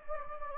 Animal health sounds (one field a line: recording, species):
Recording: mosquito wingbeat signal from an infrared sensor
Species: Anopheles gambiae